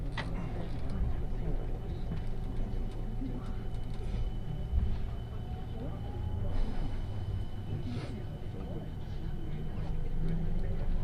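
A Tokaido Line special rapid train runs from Kusatsu toward Shin-Osaka with a steady, dense low rumble and a thin, held whine above it. Sharp clicks and knocks from the rails come now and then, near the start and around five, seven and eight seconds.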